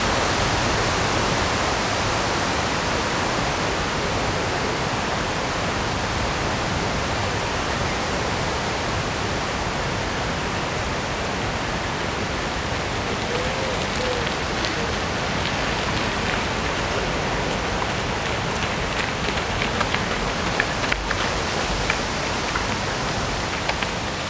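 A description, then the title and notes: A river in Odense rushes in a dense, steady hiss, with faint brief ticks and splashes toward the end and one sharp click near twenty-one seconds. Sounds along the river in Odense, Denmark.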